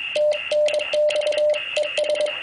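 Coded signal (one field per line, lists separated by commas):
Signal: Morse code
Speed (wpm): 22 wpm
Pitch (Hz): 600 Hz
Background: none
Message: TNX ES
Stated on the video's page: CW DX contacts from the USA to Europe with an Icom 703 at 10 watts and a loop antenna 8 m above ground.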